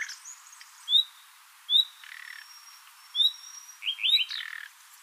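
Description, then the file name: Common nightingale song: sharp whistled notes, buzzy lower phrases and a fast warbled flourish near the end. "Luscinia megarhynchos"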